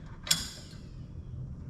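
A lock cap is pushed onto the second steel hitch locking pin of a Bulletproof Hitch and snaps home with a sharp, bright metallic click at 0.3 s that rings briefly in the high tones over a low background rumble. The lock is confirmed seated on the pin.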